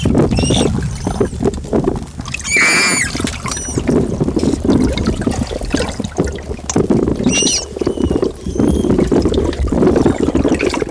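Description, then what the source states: Manatee squeaks: a few sharp, arched harmonic chirps spaced several seconds apart, partly masked by constant rushing, splashing water noise. Frightened manatee.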